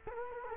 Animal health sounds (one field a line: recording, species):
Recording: mosquito wingbeat signal from an infrared sensor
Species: Culex quinquefasciatus